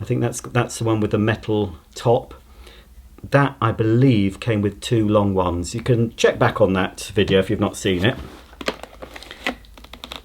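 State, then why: Not seated. Someone talks while a metal extension wand is pushed into the tube joint of a Henry Hound vacuum cleaner, with a run of sharp knocks and taps between about 8.6 and 10.1 seconds. The wand goes in, but nothing has clicked into place.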